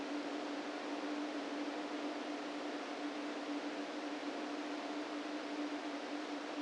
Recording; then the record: brain microelectrode recording played as sound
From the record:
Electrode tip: outside the subthalamic nucleus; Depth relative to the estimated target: 4 mm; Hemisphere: right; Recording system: NeuroSet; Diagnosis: Parkinson's disease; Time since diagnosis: 13 years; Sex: male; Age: 49 years